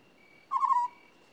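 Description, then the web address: African scops owl giving a single short, purring trill with a faint steady high tone in the background. "BBC Sound Effects Library. African Scops Owl"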